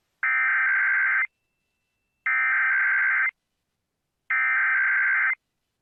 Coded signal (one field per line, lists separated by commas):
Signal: Emergency Alert System (SAME) tones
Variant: header bursts